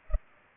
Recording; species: mosquito wingbeat signal from an infrared sensor; Culex pipiens